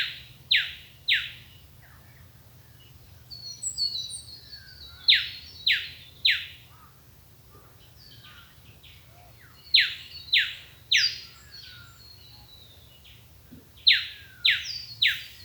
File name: Eopsaltria Australis